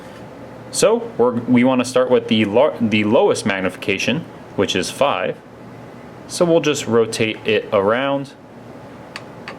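Someone talks while rotating the metal objective nosepiece of a metallography microscope around to the lowest-magnification 5x objective. Two short clicks are heard at 9.2 s and 9.5 s as the turret's detent engages and it clicks into place.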